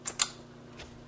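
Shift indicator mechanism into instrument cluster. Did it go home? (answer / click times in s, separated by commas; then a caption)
yes / 0.1 s, 0.2 s. A plastic shift indicator mechanism with hook tabs is lined up and pushed into the instrument cluster. Its two plastic retainer tabs snap in with sharp clicks at 0.1 s and 0.2 s, and the mechanism is seated. A faint low hum continues underneath, and there is a soft rustle near 0.8 s.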